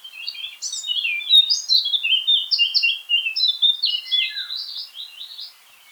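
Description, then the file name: Eurasian blackcap song, a rapid rich warble of fluty notes at a steady pace for over five seconds. "Sylvia atricapilla"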